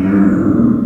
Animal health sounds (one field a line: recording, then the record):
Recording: squeal of a Yucatan mini pig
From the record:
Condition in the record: after surgery on the right vocal fold (resection and tissue-engineered implant)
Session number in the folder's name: 8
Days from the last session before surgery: 57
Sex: female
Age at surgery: 19 weeks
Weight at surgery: 25 kg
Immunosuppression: prednisolone